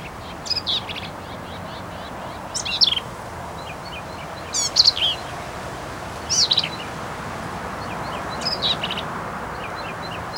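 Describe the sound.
Black-capped vireo singing several rapid, scratchy high phrases, each a jumble of buzzy and slurred notes, spaced roughly every two seconds against soft hiss.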